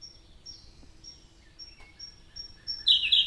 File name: robin-siberian-blue -Larvivora-cyane